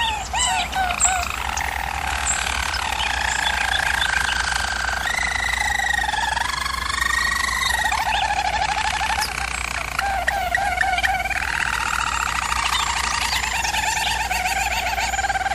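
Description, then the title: German Roller canary song of overlapping rolling trills and scattered chirps, dense and busy, pitch shifting up and down throughout. Canary training recording of a German Roller canary singing. "German Roller Canary Singing - Canary Training Vid"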